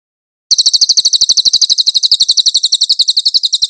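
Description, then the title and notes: Velvet-fronted nuthatch delivering a steady, quick, high trill of repeated sharp notes after a short moment of silence. Nonstop training recording for cage birds. "MASTER SUARA BURUNG CILILIN. CICILIN"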